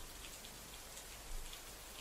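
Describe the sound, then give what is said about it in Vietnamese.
Steady rain pours down in a dense, hissing wash with scattered droplet pops, holding an even level throughout with no voices present. “Tiếng mưa lẫn trong âm thanh phầm phập, ghê rợn.”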